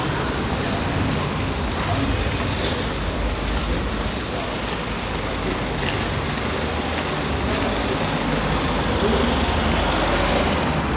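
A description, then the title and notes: Traffic on a busy road at midday, a steady, dense rumble of passing vehicles that holds an even level throughout. Low engine and tyre noise dominates, with faint voices and brief clicks and ticks scattered on top, plus a thin high whine in the first second. Skipton Road, Midday. Part of the Sound Map Of Harrogate.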